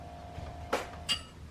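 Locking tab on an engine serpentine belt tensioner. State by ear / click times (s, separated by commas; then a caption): released / 0.7 s. On a 6.0 Powerstroke engine, the belt is pulled to release the automatic serpentine belt tensioner from its locking tab. A sharp click sounds at 0.7 s, followed by a fainter one around 1.1 s. The tensioner releases and tension is back on the belt system.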